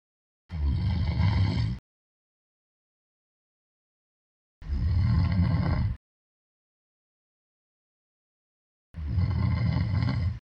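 Three loud, low, rumbling snores from a man, each lasting just over a second, recur about every four seconds, roughly 14 breaths a minute, with silence between them: vibration of the upper airway during sleep.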